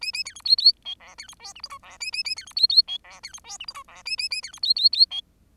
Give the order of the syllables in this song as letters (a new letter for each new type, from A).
A A B C D D E F B C G H I J F A A A B C D D E F B C G H I J F A A A B C D D D E